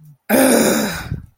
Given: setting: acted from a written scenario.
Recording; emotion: vocal sound without words; anger